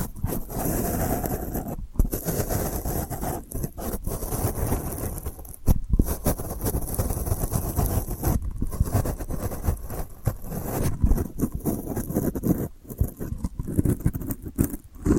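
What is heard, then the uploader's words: Delicate scratching runs almost without pause, a dense, fine-grained rustle weighted toward the low and middle range with a thin airy hiss above. Brief silent gaps break it irregularly, near two, six, eight and a half, and thirteen seconds, before the steady strokes resume. ASMR Delicate Scratching for Sleep (No Talking).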